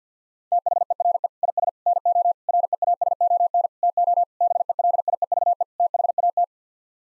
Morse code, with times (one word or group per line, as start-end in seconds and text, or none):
0.5-1.3 THERE
1.4-1.7 IS
1.9-2.3 NO
2.5-3.7 REASON
3.8-4.2 TO
4.4-5.6 BELIEVE
5.8-6.4 THAT